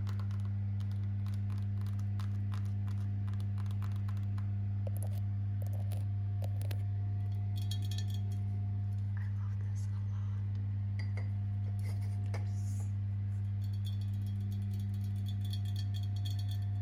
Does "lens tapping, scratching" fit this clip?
yes